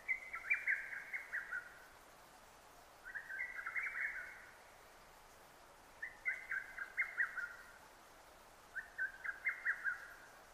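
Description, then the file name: Lesser cuckoo song: four brisk bursts of several staccato notes separated by pauses, against a steady faint hiss. 6 June 2009. "hototogisu-20090606"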